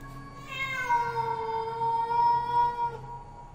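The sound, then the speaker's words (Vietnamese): A black cat, up on a roof beam by a ventilation hole and staring back at a man, lets out a long, drawn-out yowl, its wavering tone sliding downward and holding steady for a few seconds before trailing off, eerie and moaning over a low background rumble. “Trước khi gieo mình ra ngoài, nó còn đứng đấy quay lại nhìn lão Tâm chằm chằm mà kêu lên mấy tiếng rợn cả người.”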